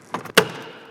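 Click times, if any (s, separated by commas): 0.4 s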